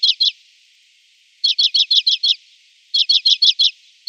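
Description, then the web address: Common Redpoll song: quick bursts of dry, high chattering notes in short trills, with pauses of about half a second to a second between bursts. "Schulze Peter Common Redpoll song"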